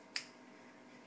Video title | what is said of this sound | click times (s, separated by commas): Sc10 4wd "How To Video" Series Removing Front/Rear Hub Bearings | all those pieces and insert it back into our Hub you should then hear another snap | 0.2 s